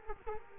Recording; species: mosquito wingbeat signal from an infrared sensor; Culex quinquefasciatus